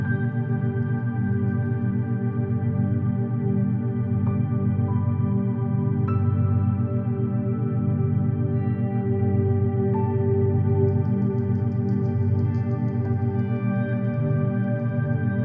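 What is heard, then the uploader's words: Meditation music with 7 Hz binaural beats in 528 Hz: a steady, sustained drone of layered low tones with a slow, regular pulsing throughout. Soft bell-like notes enter around 4, 6 and 10 seconds, and faint high shimmering sounds appear near 11 to 13 seconds. 7 Hz theta wave binaural beats with beautiful meditation music in 528hz.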